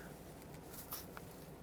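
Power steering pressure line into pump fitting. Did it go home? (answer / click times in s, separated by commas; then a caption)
no / none. A new power steering pressure line is being handled at its fitting on the pump of a 2009–2014 Ford F-150. Only faint handling noise and a brief soft tick near 1.2 s are heard, with no talk. Nothing has seated or clicked yet.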